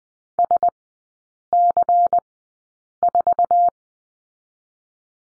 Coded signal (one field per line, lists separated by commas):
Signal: Morse code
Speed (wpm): 20 wpm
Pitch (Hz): 700 Hz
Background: none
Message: SC4